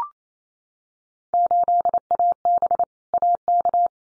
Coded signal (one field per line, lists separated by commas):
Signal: Morse code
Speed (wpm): 28 wpm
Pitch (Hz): 700 Hz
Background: none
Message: 8AB AK